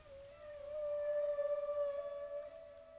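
Humpback whale song: one long, steady, harmonic tonal moan with a slightly pulsing, wavering quality throughout.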